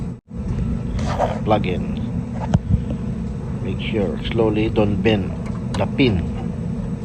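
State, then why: Not seated. A wiring connector is being plugged slowly back into the board header of an Imaje ink jet printer, model 9232, to avoid bending the pins, while someone talks over a steady low hum. Nothing has seated or clicked yet by the end of the clip.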